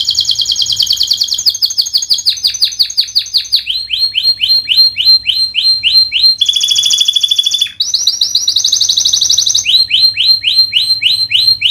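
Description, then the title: Canary singing a long varied song of rapid trills, repeated swooping notes and buzzy rolls, each phrase changing speed and pitch. Vigorous canary singer ('gacor') praised for the best 'cengkok' song phrasing and the most luxurious 'isian' fill-in notes; Indonesian songbird-keeping (kicaumania) context. "Kenari Gacor Cengkok Terbaik Isian Paling Mewah Kenarigacor Kicaumania Kenari"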